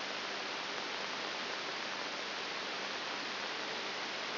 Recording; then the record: brain microelectrode recording played as sound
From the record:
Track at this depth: outside the subthalamic nucleus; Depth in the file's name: 6.7 mm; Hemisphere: right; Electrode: 3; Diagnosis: Parkinson's disease